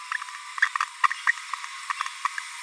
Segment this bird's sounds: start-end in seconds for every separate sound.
0.62-0.65, 1.03-1.07, 1.27-1.31, 1.90-1.92, 2.25-2.27